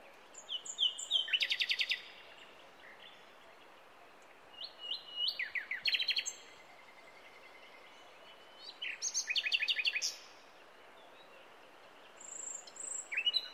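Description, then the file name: Common nightingale song: several varied phrases mixing clear whistled notes with fast, loud, repeated high staccato bursts, each phrase followed by a short pause. "Luscinia megarhynchos"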